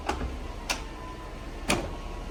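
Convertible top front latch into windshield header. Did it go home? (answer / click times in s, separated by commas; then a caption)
yes / 1.7 s. The powered soft top of an SL500 convertible closes onto the windshield frame, and its front latch drives into the windshield header over a low steady hum. Two lighter ticks sound near 0.1 and 0.7 seconds, then a sharper, louder click at 1.7 seconds as the latch locks into place, seated.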